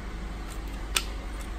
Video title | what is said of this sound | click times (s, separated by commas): Mercedes W166 ML350 Installing And Dismantling Rear Wiper Assembly | You hear a little click, there it goes. | 1.0 s